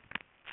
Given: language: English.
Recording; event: throat vibration sensor signal played as sound; swallow